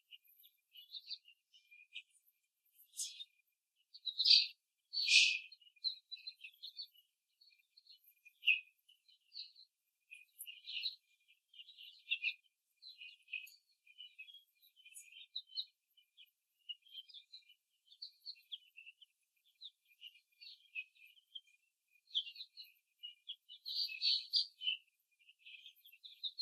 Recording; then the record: young laying hens in a cage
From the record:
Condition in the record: after the stressor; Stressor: simulated dog barking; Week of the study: 3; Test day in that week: 1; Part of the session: 1